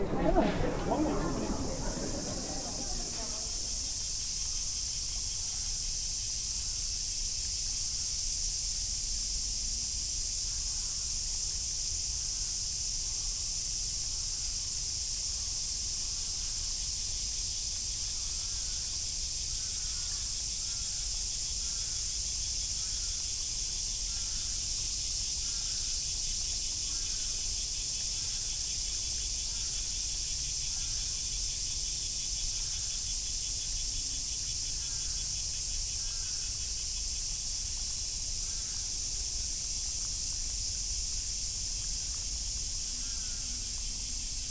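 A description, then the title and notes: A recording in Kyoto, filled by a steady, dense, high shrill drone like cicadas that never lets up. A brief low rustle or thump opens the first few seconds, then only a faint, regular ticking pulse sits beneath the constant buzz. This episode is a composition comprising field recordings I made in Kyoto Japan in 2015.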